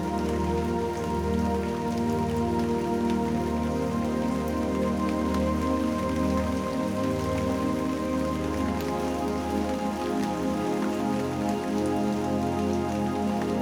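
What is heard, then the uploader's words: Rain patters steadily on a surface, a fine crackle of drops that keeps an even level for the whole stretch. Beneath it runs a low, steady hum made of layered tones, which wavers and shifts in pitch around the ten-second mark. Sound Of Rain.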